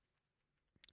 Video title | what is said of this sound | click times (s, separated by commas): DJI O4 2" Freestyle Drone! LIVE FLIGHTS! | 04 light is not seating all the or s it's not seated all the way at the bottom. | 0.8 s, 0.9 s